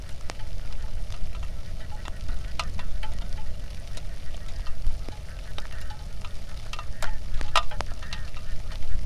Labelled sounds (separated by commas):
waterfowl, rain